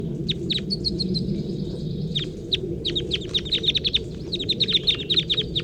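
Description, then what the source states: Crossbill calls, sharp chip notes, spaced at first then in rapid series, with a faint steady tone early and low rumbling background noise. Captive birds, final sample recorded before packing up the net site on a hillside.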